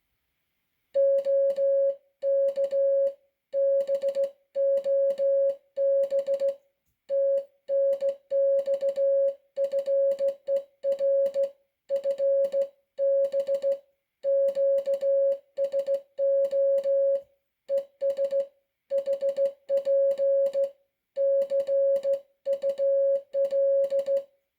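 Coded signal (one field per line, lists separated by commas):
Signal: Morse code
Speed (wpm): 15 wpm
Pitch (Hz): 550 Hz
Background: music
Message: OK BOB TNX FER FB QSO ES HP CUL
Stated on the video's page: Sent on a NATO Morse key.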